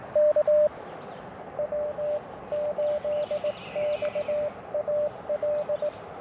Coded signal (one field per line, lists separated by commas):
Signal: Morse code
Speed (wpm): 24 wpm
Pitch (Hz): 600 Hz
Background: none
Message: K W8XAL